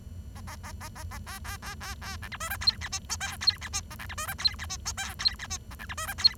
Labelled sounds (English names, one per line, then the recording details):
Bengalese Finch song
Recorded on 23 June 2012 at 08:22
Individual gr41rd51